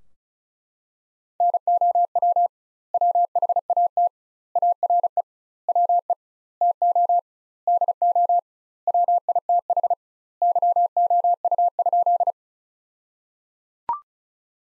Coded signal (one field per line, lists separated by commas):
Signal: Morse code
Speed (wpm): 35 wpm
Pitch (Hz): 700 Hz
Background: none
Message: NOW WHAT ARE WE TO DO WITH YOU?